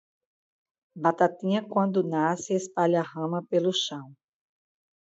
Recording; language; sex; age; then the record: short text; Brazilian Portuguese; female; 50 to 59 years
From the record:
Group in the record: control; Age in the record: 50 years